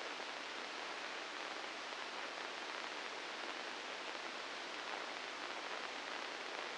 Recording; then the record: brain microelectrode recording played as sound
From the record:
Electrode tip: inside the subthalamic nucleus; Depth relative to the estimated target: -1 mm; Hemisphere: right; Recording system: NeuroSet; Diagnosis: Parkinson's disease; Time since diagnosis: 9 years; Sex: female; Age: 51 years